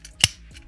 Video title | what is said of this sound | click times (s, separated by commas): The First Of The Primes - #transformers Age Of The Primes Voyager Class Prima Review | peg this together, and you hear a loud click. | 0.2 s